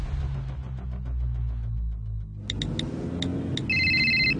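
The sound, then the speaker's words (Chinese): A car engine drones with a steady low rumble as the driver drives while taking a phone call. The sound then turns to broader road noise as a few short high beeps and a sustained electronic tone chime in. “喂，啱啱传紧个短信俾你，我揸紧车过嚟啦。”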